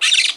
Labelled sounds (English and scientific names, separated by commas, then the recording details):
Brown-throated Parakeet (Eupsittula pertinax) contact call
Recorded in Margarita
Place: San Francisco, near stadium
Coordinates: 11.018, -64.294